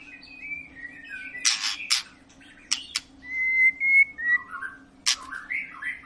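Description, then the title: White-rumped shama song with a long sustained whistle, scattered harsh rasping notes and soft warbles over a constant low hum. Long lure song of an energetic, frequently singing bird, used to prompt other shamas to sing. "Pancingan Murai Batu Gacor Panjang"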